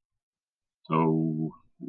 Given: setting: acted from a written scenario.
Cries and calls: vocal sound without words; neutral

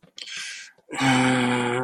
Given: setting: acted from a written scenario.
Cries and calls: vocal sound without words; embarrassment

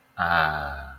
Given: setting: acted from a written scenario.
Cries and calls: vocal sound without words; contentment

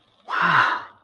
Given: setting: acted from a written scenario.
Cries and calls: vocal sound without words; positive surprise

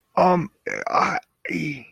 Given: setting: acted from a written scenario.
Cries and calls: vocal sound without words; guilt

